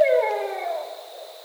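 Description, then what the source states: Barred owl call ending: a loud tone slides downward and fades away into a drawn-out, dwindling tail. Recorded on 22 October 2010.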